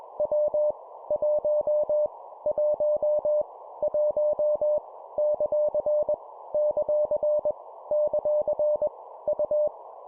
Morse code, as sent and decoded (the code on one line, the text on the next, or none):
.-- / .---- / .---- / .---- / -.-.-. / -.-.-. / -.-.-. / ..-
W 1 1 1 ; ; ; U